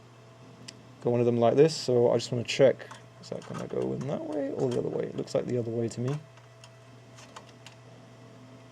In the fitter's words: okay I don't hear the click so